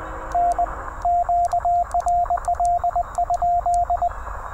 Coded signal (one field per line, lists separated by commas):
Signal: Morse code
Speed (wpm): 20 wpm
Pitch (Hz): 700 Hz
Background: radio noise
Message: N QRL?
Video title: EVENING QRP POTA | TR-35 #cw #parksontheair #hamradio